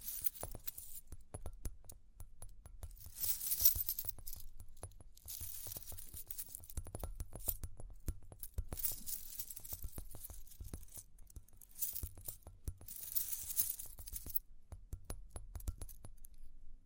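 Light tapping and scratching with bright metallic jingling, like small coins or keys clinking, recurring in bursts about every few seconds. Short clicks fall densely throughout, over a faint low rumble, and the level stays fairly even for the whole stretch.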